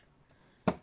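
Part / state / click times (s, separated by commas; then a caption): flexible headlamp fixing clip onto headlamp ball mount / seated / 0.7 s. A flexible 3D-printed TPU headlamp fixing clip for a J5/C25 (phase 1 or phase 2) is forced back onto the headlamp's ball mount. After quiet, a single sharp snap rings out at 0.7 s. The clip catches on the mount and now holds.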